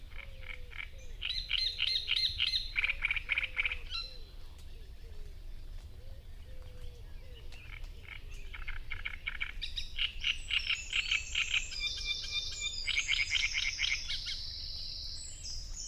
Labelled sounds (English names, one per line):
Great Reed Warbler song